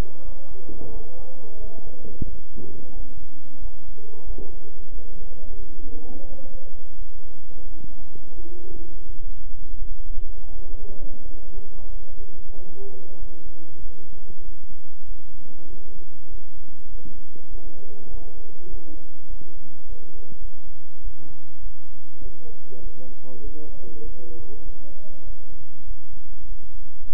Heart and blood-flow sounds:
heart sounds by stethoscope; between the tricuspid and mitral areas; 94 bpm
0.22 s: heartbeat
0.90 s: heartbeat
1.58 s: heartbeat
2.26 s: heartbeat
2.93 s: heartbeat
3.59 s: heartbeat
4.24 s: heartbeat
4.89 s: heartbeat
5.56 s: heartbeat
6.26 s: heartbeat
6.96 s: heartbeat
7.65 s: heartbeat
8.34 s: heartbeat
9.04 s: heartbeat
9.76 s: heartbeat
10.50 s: heartbeat
11.20 s: heartbeat
11.86 s: heartbeat
12.52 s: heartbeat
13.17 s: heartbeat
13.80 s: heartbeat
14.43 s: heartbeat
15.05 s: heartbeat
15.67 s: heartbeat
16.28 s: heartbeat
16.89 s: heartbeat
17.49 s: heartbeat
18.09 s: heartbeat
18.68 s: heartbeat
19.28 s: heartbeat
19.87 s: heartbeat
20.39 s: heartbeat
21.02 s: heartbeat
21.60 s: heartbeat
22.20 s: heartbeat
22.81 s: heartbeat
23.41 s: heartbeat
24.02 s: heartbeat
24.63 s: heartbeat
25.24 s: heartbeat
25.85 s: heartbeat
26.46 s: heartbeat
27.08 s: heartbeat
From the record:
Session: bicycle stress test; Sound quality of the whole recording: good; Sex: male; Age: 26 years

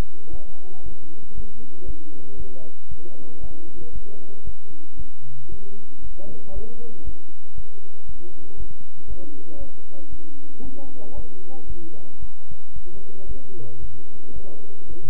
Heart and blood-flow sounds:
heart sounds by stethoscope; between the tricuspid and mitral areas; 115 bpm
0.31 s: heartbeat
0.84 s: heartbeat
1.35 s: heartbeat
1.86 s: heartbeat
2.37 s: heartbeat
2.89 s: heartbeat
3.41 s: heartbeat
3.93 s: heartbeat
4.45 s: heartbeat
4.97 s: heartbeat
5.50 s: heartbeat
6.02 s: heartbeat
6.54 s: heartbeat
7.04 s: heartbeat
7.55 s: heartbeat
8.07 s: heartbeat
8.58 s: heartbeat
9.08 s: heartbeat
9.58 s: heartbeat
10.10 s: heartbeat
10.62 s: heartbeat
11.15 s: heartbeat
11.67 s: heartbeat
12.20 s: heartbeat
12.74 s: heartbeat
13.27 s: heartbeat
13.80 s: heartbeat
14.34 s: heartbeat
14.88 s: heartbeat
From the record:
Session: bicycle stress test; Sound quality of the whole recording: good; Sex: male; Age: 23 years

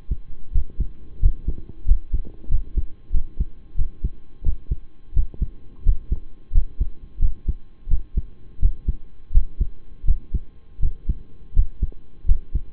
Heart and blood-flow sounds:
heart sounds by stethoscope; between the tricuspid and mitral areas; 87 bpm
0.51 s: heartbeat
1.19 s: heartbeat
1.85 s: heartbeat
2.48 s: heartbeat
3.11 s: heartbeat
3.75 s: heartbeat
4.42 s: heartbeat
5.13 s: heartbeat
5.83 s: heartbeat
6.51 s: heartbeat
7.19 s: heartbeat
7.87 s: heartbeat
8.59 s: heartbeat
9.31 s: heartbeat
10.04 s: heartbeat
10.79 s: heartbeat
11.53 s: heartbeat
12.25 s: heartbeat
From the record:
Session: rest, lying down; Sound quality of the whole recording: partially saturated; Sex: male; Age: 25 years

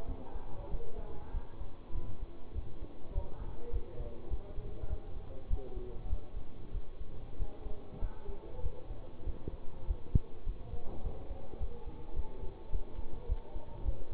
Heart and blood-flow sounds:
heart sounds by stethoscope; between the tricuspid and mitral areas; 100 bpm
0.05 s: heartbeat
0.69 s: heartbeat
1.31 s: heartbeat
1.92 s: heartbeat
2.53 s: heartbeat
3.12 s: heartbeat
3.70 s: heartbeat
4.28 s: heartbeat
4.87 s: heartbeat
5.48 s: heartbeat
6.07 s: heartbeat
6.71 s: heartbeat
7.37 s: heartbeat
7.99 s: heartbeat
8.61 s: heartbeat
9.24 s: heartbeat
9.85 s: heartbeat
10.43 s: heartbeat
11.01 s: heartbeat
11.58 s: heartbeat
12.14 s: heartbeat
12.70 s: heartbeat
13.26 s: heartbeat
13.83 s: heartbeat
From the record:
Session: bicycle stress test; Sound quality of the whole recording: good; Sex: male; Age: 24 years

